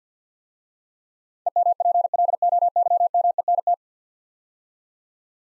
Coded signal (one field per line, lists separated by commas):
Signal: Morse code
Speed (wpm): 47 wpm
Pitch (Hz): 700 Hz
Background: none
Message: EMPLOYMENT